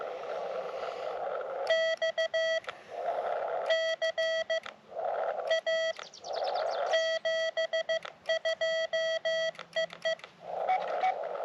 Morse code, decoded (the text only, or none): XCA 72 EE